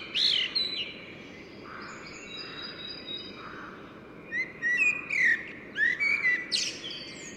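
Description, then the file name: Common blackbird singing low fluted warbles followed by high squeaky twitters. "Turdus merula"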